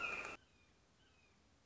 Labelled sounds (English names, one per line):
Red-shouldered Hawk